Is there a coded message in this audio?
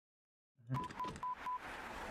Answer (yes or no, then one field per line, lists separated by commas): no